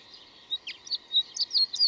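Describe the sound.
Bird giving a quick series of short high chirps and slurred notes, getting louder toward the end, with a faint background hum.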